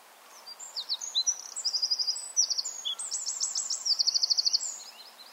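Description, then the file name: Eurasian wren delivers one full song of shrill notes and rapid trills lasting about four seconds, with steady background hiss. "Troglodytes troglodytes"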